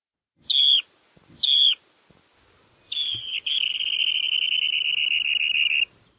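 Bird calls: two short, bright whistled notes, then a long, slightly buzzy whistle held for about three seconds, over faint background hiss.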